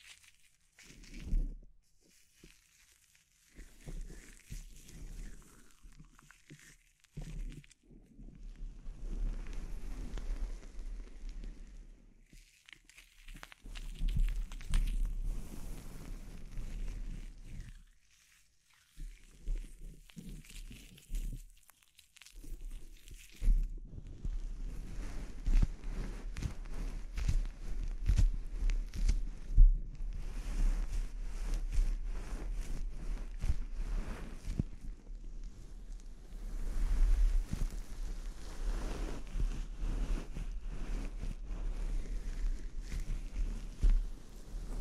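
Scalp treatment sounds: soft rubbing and scratching strokes come in short bursts separated by brief silences through the first twenty-odd seconds. From about 23 seconds the rustling turns continuous and denser, with occasional low thumps and crisp scratchy ticks.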